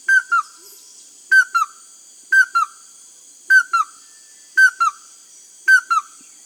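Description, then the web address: Chestnut-headed crake giving paired whistled notes, each pair falling slightly, repeated about every second, six pairs in all, with a steady high drone behind. Recorded in the Amazon of Peru. "Birds of the Amazon. Chestnut-headed Crake (Anurolimnas castaneiceps), Peru"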